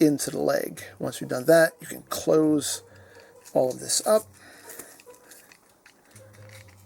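Someone talks while handling the plastic leg panel of an MP-59 Masterpiece Rhinox transforming robot figure, closing up the leg and lining up its tab. Faint small plastic clicks and taps follow the speech. The tab has not yet seated into the leg.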